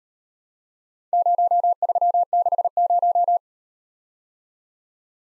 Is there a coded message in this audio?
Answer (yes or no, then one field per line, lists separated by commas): yes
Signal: Morse code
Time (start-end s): 1.1-3.4 s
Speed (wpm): 38 wpm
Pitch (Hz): 700 Hz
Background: none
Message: 0360